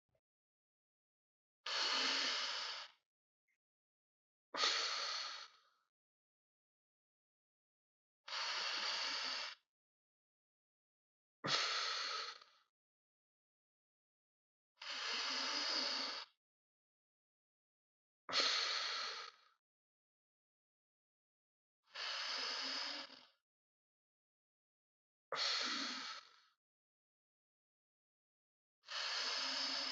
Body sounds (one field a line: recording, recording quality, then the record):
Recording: deep breathing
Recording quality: excellent, no background noise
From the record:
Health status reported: healthy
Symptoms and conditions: none ticked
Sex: male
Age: 41 years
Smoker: not ticked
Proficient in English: yes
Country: India